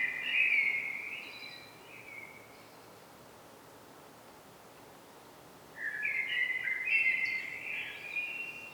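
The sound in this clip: Common blackbird song: a fluty warbled phrase opens, a quiet gap follows, then a second longer mellow phrase with a thin high flourish.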